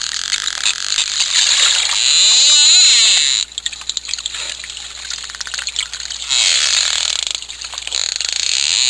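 Dolphins whistling underwater: rising and falling looping whistles with harmonics, among dense clicking and crackling, with bursts of broad hiss.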